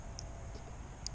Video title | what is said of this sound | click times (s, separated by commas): Weedeater Mower Wiring Harness Change | push it up and it snaps right in and that's | 1.1 s